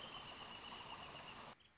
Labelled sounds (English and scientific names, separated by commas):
Wrentit (Chamaea fasciata)